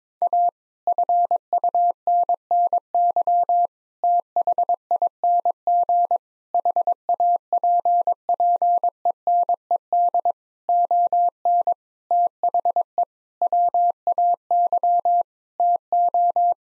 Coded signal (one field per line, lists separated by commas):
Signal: Morse code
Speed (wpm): 22 wpm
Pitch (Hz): 700 Hz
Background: none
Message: A FUNNY THING HAPPENED ON THE WAY TO